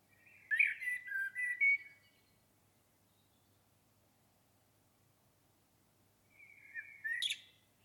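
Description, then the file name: Common blackbird song: a burst of fluty warbling with squeaky edges, quiet for several seconds, then a shorter phrase. "Turdus merula"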